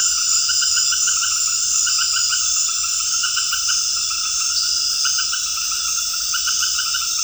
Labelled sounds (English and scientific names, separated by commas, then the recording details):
none
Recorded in dense forest near Puerto Asís, Putumayo, Colombia, on 18 February 2024 at 20:00
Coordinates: 0.485, -76.325
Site G6429